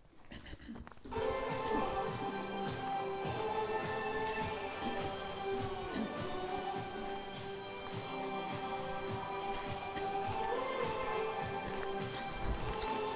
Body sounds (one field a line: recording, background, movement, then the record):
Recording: throat clearing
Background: music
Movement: walking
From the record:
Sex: female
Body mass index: 25.5 kg/m2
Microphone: on the chest, facing outward